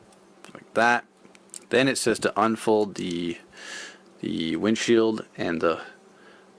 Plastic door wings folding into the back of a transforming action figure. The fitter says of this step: them up they'll click into place like